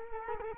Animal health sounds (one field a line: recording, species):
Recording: mosquito wingbeat signal from an infrared sensor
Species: Culex quinquefasciatus